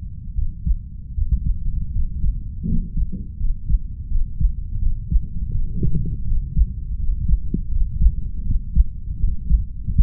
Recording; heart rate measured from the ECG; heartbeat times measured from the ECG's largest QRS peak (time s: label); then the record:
heart sounds by stethoscope; 81 bpm
0.34 s: heartbeat
1.14 s: heartbeat
1.91 s: heartbeat
2.64 s: heartbeat
3.36 s: heartbeat
4.07 s: heartbeat
4.78 s: heartbeat
5.50 s: heartbeat
6.23 s: heartbeat
6.95 s: heartbeat
7.68 s: heartbeat
8.42 s: heartbeat
9.16 s: heartbeat
9.92 s: heartbeat
From the record:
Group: healthy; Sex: female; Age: 32 years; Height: 168 cm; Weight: 61.9 kg